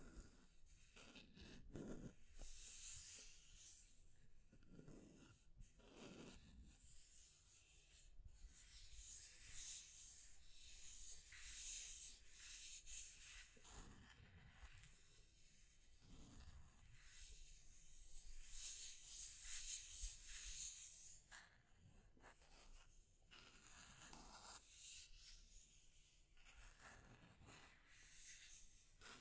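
Scratching and tracing sounds run through the whole clip, a dry, bright rubbing like something dragged over a rough surface. The strokes come unevenly, some short and sharp, others long and sweeping, with brief pauses and a few heavier dull thumps between them.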